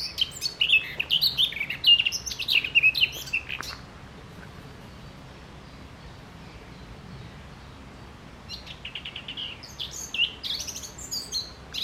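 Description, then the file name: Eurasian blackcap warble for about four seconds, then several seconds of quiet, then the rapid varied song starts again. "Sylvia atricapilla"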